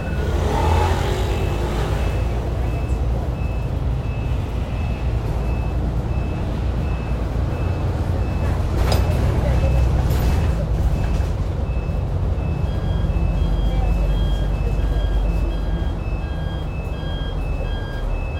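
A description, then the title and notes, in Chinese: A bus rumbles steadily throughout with a deep engine drone and rattling from the jolting body. Thin repeated electronic beeps from the card reader pulse on and off through most of the clip, and a couple of sharper knocks land around the ten-second mark. 我在公車上。車體顛頗聲。上下車嗶卡聲。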